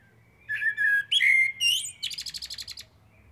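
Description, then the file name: Common blackbird song opening with low mellow whistles and ending in a rapid run of several dry, high-pitched twittering notes. "Turdus merula"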